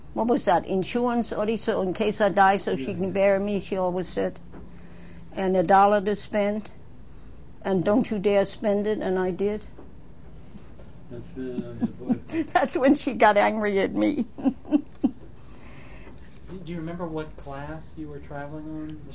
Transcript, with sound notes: what was that, insurance, in case I died so she can bury me, she always said, and a dollar to spend and don't you dare spend it and I did? ( he laughs ) That's when she got angry with me.
Do you remember what class you were traveling on?